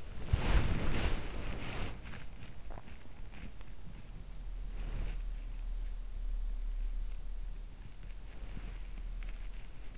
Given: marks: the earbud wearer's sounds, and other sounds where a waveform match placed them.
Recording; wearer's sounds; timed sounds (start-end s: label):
sounds in sleep by an in-ear microphone; body movement
0.00-3.26 s: body movement